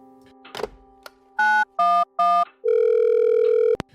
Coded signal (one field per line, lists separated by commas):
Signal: DTMF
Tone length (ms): 270 ms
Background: music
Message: 911